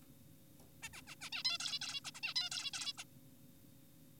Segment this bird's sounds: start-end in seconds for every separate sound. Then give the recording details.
0.83-0.89, 0.94-1.02, 1.07-1.15, 1.21-1.30, 1.32-1.43, 1.45-1.58, 1.60-1.79, 1.82-2.00, 2.05-2.11, 2.15-2.20, 2.23-2.34, 2.36-2.50, 2.52-2.70, 2.74-2.93, 2.98-3.04. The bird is an adult. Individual g4p5U